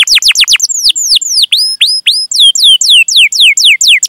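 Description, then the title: Canary song made of loud descending whistled sweeps and some rising notes, delivered in quick varied series. Kept songbird for bird-keeping hobbyists; lively singer with the finest song phrases and a rich fill-in repertoire. "Kenari Gacor Cengkok Terbaik Isian Paling Mewah Kenarigacor Kicaumania Kenari"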